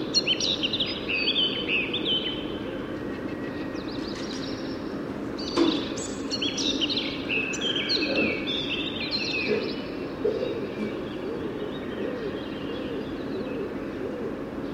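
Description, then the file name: Eurasian blackcap song, varied fast warbling phrases through the first two-thirds, fading later, with a single sharp knock and steady low rumble throughout. "Sylvia atricapilla"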